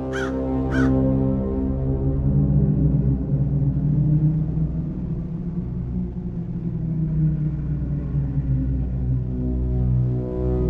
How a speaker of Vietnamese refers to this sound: Thấy lũ quạ đánh nhau chí chóe ở ngoài cuối vườn thì cũng tò mò đi ra ngoài đó xem có chuyện gì.